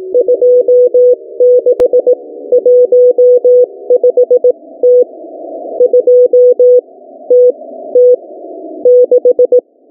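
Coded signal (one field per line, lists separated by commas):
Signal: Morse code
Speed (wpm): 18 wpm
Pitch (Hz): 500 Hz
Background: none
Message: 2615T 2TT 6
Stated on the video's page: Morse code from a shortwave station recording (REA4 / A2TsA).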